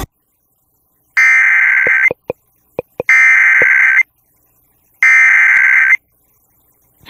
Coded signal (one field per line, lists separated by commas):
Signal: Emergency Alert System (SAME) tones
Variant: header bursts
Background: speech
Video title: Hot 96.7 (WHTQ Whiting, Wisconsin) EAS Severe Thunderstorm warning (4/13/2026)